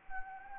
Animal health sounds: mosquito wingbeat signal from an infrared sensor; Anopheles gambiae

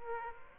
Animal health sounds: mosquito wingbeat signal from an infrared sensor; Aedes aegypti

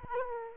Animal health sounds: mosquito wingbeat signal from an infrared sensor; Aedes aegypti

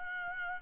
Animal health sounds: mosquito wingbeat signal from an infrared sensor; Aedes albopictus

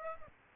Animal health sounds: mosquito wingbeat signal from an infrared sensor; Aedes aegypti

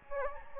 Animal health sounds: mosquito wingbeat signal from an infrared sensor; Anopheles gambiae

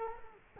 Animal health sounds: mosquito wingbeat signal from an infrared sensor; Culex quinquefasciatus

